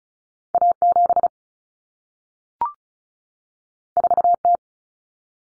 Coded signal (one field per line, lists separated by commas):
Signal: Morse code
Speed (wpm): 36 wpm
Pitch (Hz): 700 Hz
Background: none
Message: A7 4T